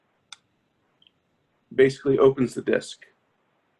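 On a training closure-device delivery handle with a disk that is a little damaged from overuse, the black actuator is pulled back on the silver handle and clicks sharply into its locked position at 0.3 s, opening the disk. Two faint ticks follow around 1.0 s, and someone talks from about 1.7 s.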